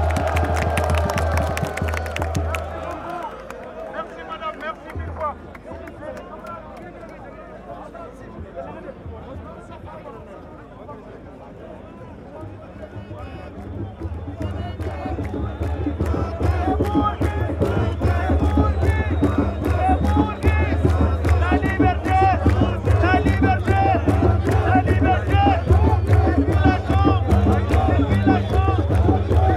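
The end of a street demonstration in Paris, a march of solidarity, with a dense crowd of overlapping voices throughout. A steady low hum runs underneath. After about fifteen seconds the voices grow louder and busier, with sharp clicks and knocks scattered through.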